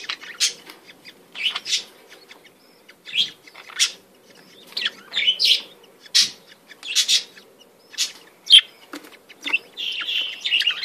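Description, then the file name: Budgerigar warbling song, bursts of buzzy, high chirps and chatter every second or so, with short pauses between phrases. "Canto do periquitos ingleses"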